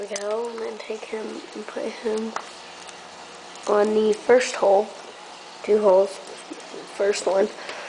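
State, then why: Not seated. Someone talks while a plastic transforming toy piece is handled and pushed toward the first of two peg holes on an assembled, combined toy figure, with soft rustling handling sounds between the speech. Nothing has seated or clicked yet.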